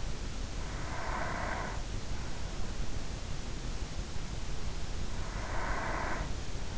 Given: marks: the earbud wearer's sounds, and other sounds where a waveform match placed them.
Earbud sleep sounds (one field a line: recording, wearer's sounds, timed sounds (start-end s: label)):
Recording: sounds in sleep by an in-ear microphone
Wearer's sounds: breath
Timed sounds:
0.58-2.48 s: breath
5.05-6.77 s: breath